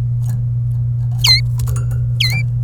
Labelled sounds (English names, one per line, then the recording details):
Domestic Canary song
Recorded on 27 April 2018 at 13:56
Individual llb3